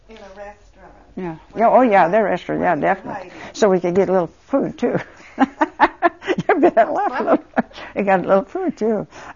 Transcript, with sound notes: In a restaurant.
Yeah. Oh, yeah. That restaurant. Yeah, definitely, so we could get a little food, too. ( she laughs ) And got a little food, too.